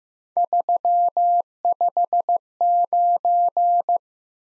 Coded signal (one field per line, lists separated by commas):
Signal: Morse code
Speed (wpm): 15 wpm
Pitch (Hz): 700 Hz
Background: none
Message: 359